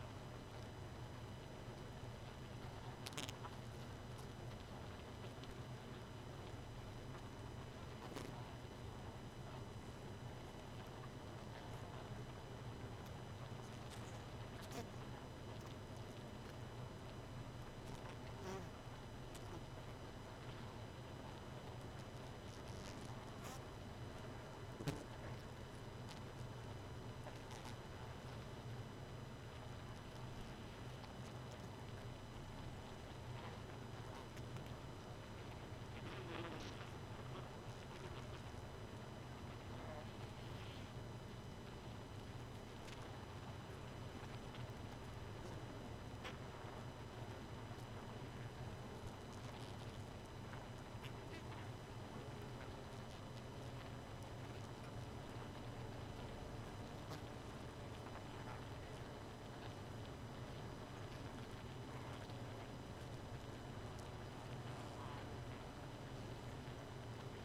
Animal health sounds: honeybee colony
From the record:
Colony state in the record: missing queen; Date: 31 May 2018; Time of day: 2:15

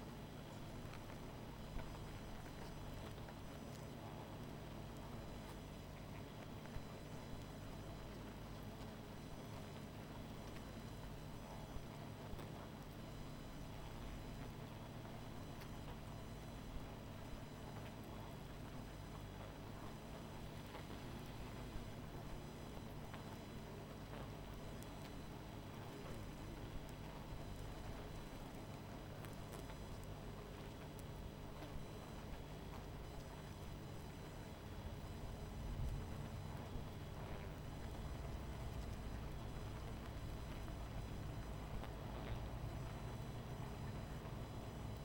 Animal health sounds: honeybee colony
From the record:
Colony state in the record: missing queen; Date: 14 July 2017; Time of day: 20:15

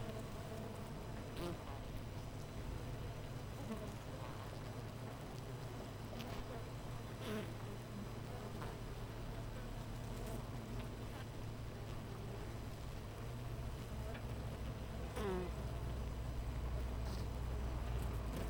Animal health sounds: honeybee colony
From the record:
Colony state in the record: missing queen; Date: 14 July 2017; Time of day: 8:05

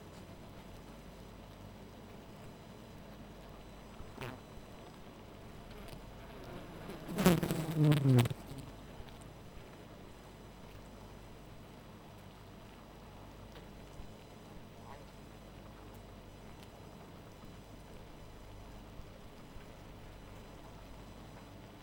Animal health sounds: honeybee colony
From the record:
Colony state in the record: missing queen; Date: 14 July 2017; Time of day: 0:38

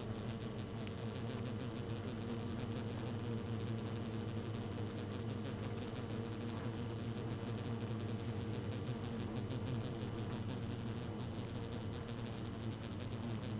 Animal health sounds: honeybee colony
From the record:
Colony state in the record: active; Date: 12 June 2018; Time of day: 1:14

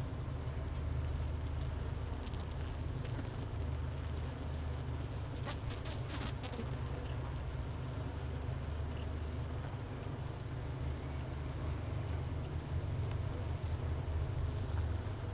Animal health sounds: honeybee colony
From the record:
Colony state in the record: missing queen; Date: 31 May 2018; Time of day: 10:08

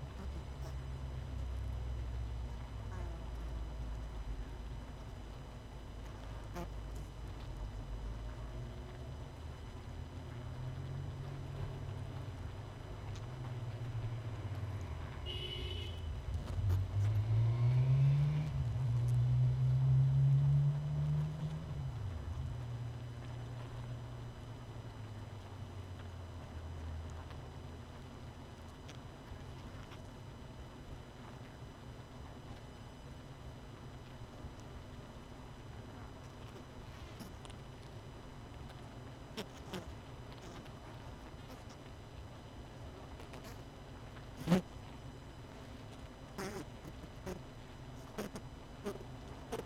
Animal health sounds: honeybee colony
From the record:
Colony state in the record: missing queen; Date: 31 May 2018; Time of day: 19:35

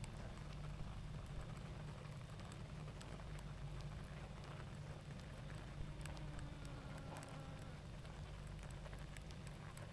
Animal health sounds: honeybee colony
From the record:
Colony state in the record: active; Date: 28 July 2017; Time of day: 20:57

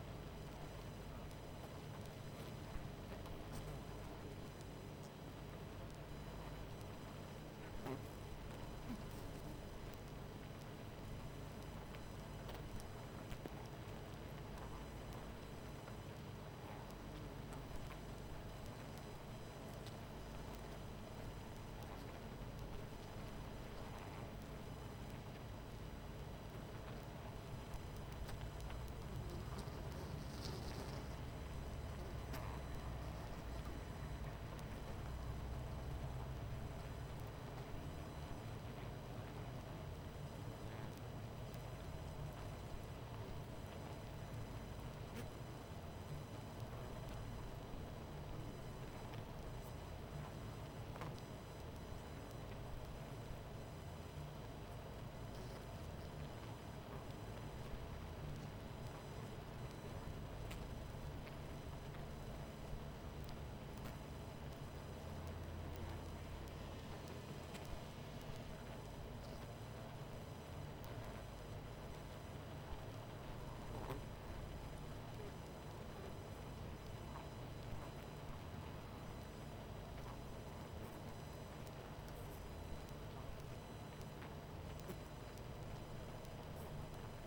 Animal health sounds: honeybee colony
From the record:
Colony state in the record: missing queen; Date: 14 July 2017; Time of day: 22:45

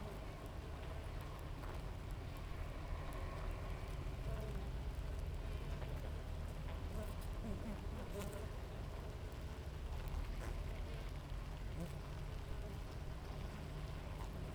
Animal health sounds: honeybee colony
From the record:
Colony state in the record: active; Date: 28 July 2017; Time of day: 7:23

